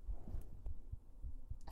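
Soft, regular low thumps come in paired beats. They are an adult woman's heartbeat heard close to the body, with faint rustling from handling.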